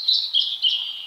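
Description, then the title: Blue-and-white flycatcher singing three clear, high whistled notes in quick succession, each slurring slightly downward. Recorded at Kirifuri Highlands, Tochigi Prefecture, Japan. "朝の小鳥. 霧降高原（栃木県）のオオルリ"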